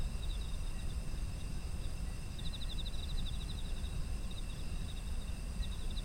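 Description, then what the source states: Insects calling with a shrill continuous drone and a run of quick pulsed chirps in the middle, then scattered chirps, over a low background rumble. Autumn insect ambience.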